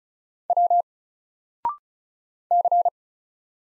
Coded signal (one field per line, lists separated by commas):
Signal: Morse code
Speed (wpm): 36 wpm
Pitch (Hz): 700 Hz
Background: none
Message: W C